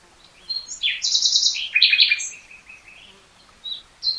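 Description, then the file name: Common nightingale song: loud harsh chattering notes followed by softer trailing whistles and a final sharp note. "Luscinia megarhynchos"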